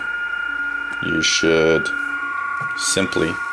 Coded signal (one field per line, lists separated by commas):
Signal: PSK31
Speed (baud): 31.25 baud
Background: speech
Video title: Tutorial on how to decode BPSK31 digital signal on FLDIGI